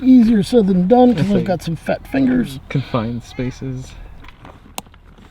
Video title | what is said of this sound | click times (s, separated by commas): Ferrari 360 CUSTOM SEAT BELT UPGRADE | Yay. Heard, Yay! You heard the click? heard it click. | 4.8 s